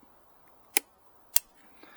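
A battery pack is fed down onto the back of an Icom IC-705 portable radio transceiver and pushed in tight until it double-clicks, since a single click can make it seem attached when it is not. Two sharp plastic latch clicks are heard at 0.8 s and 1.4 s over a quiet background. The battery pack is fully seated.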